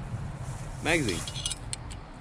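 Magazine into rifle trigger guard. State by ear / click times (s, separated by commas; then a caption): seated / 1.7 s. Someone talks while a metal magazine is inserted into the trigger guard of a reenactment rifle, with light metallic rattles toward the end. One sharp, short click at 1.7 s marks the magazine seating into place normally.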